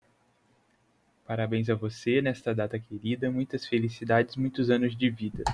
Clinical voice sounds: short text; Brazilian Portuguese; male; 20 to 29 years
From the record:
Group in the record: control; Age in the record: 29 years

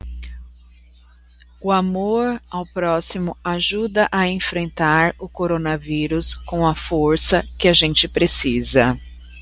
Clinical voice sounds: spoken sentence; Brazilian Portuguese; female; 40 to 49 years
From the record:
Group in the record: control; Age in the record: 41 years

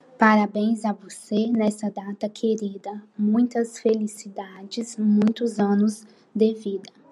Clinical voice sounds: short text; Brazilian Portuguese; female; 20 to 29 years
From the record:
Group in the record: control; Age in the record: 29 years

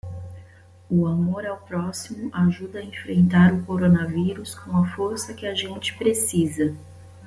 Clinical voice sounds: spoken sentence; Brazilian Portuguese; female; 30 to 39 years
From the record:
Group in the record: control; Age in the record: 34 years

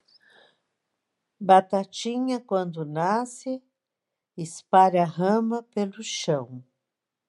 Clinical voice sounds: short text; Brazilian Portuguese; female; 60 to 69 years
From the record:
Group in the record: control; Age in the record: 67 years

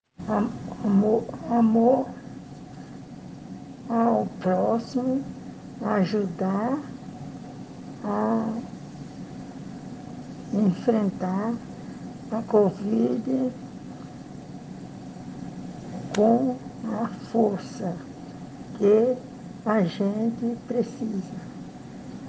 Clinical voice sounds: spoken sentence; Brazilian Portuguese; female; 70 to 79 years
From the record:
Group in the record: respiratory insufficiency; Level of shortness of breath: 5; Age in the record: 71 years

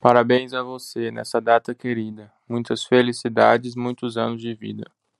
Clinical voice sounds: short text; Brazilian Portuguese; male; 20 to 29 years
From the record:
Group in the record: control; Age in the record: 25 years

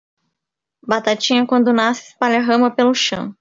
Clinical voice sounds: short text; Brazilian Portuguese; female; 30 to 39 years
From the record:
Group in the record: control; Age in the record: 35 years

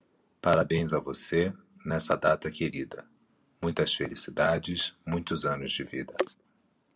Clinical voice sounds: short text; Brazilian Portuguese; male; 40 to 49 years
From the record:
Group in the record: control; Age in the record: 46 years

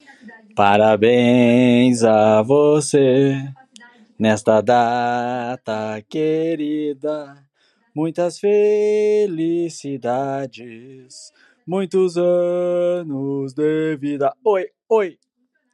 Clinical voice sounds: short text; Brazilian Portuguese; male; 30 to 39 years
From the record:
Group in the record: control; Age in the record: 39 years

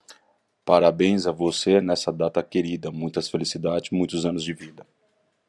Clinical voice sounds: short text; Brazilian Portuguese; male; 40 to 49 years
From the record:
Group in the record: control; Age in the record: 48 years

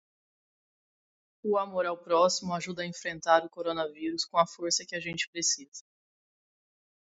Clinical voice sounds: spoken sentence; Brazilian Portuguese; female; 30 to 39 years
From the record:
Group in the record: control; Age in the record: 30 years

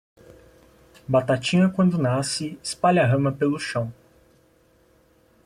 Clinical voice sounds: short text; Brazilian Portuguese; male; 20 to 29 years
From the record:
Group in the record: control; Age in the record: 23 years

